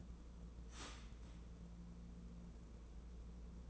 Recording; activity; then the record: daily activity, microphone in the room; start toaster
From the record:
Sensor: 1